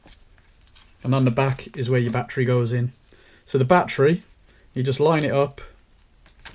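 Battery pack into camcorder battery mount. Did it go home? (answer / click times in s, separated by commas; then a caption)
no / none. A battery pack is lined up against the battery mount on the back of a Canon VIXIA HF R600 camcorder while someone talks, with a few faint handling rustles at the start and end. Nothing has seated or clicked yet; the clip ends just before the battery goes home.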